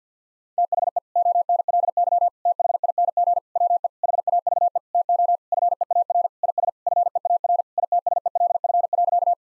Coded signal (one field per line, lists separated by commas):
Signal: Morse code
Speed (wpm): 49 wpm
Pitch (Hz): 700 Hz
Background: none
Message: THE ONLY THING WE HAVE TO FEAR IS FEAR ITSELF.